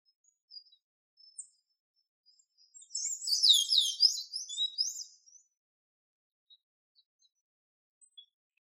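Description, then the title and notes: Golden-chevroned tanager singing a short, dense burst of high, squeaky chattering notes lasting about two and a half seconds, preceded and followed by a few faint isolated chips in an otherwise quiet background. "Sanhaçu-de-encontro-amarelo Golden-chevroned Tanager (Tangara ornata)"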